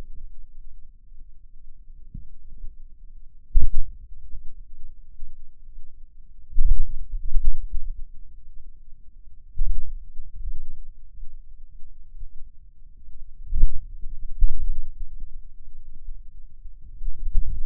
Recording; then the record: forearm muscle sounds (acoustic myography)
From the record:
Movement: wrist flexion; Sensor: system 2, bracelet of six BSWA MPA416 microphones around the upper forearm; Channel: 5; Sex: male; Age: 22 years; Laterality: right